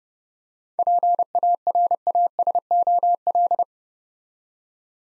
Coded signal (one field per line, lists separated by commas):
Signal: Morse code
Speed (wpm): 29 wpm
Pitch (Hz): 700 Hz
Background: none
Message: PARASOL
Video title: Easy Words - Speed-Racing with Hints - 30wpm